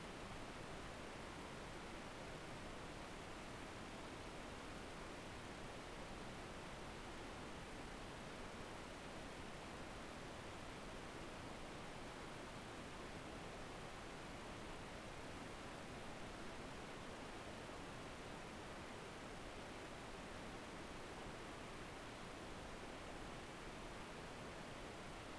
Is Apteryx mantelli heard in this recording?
no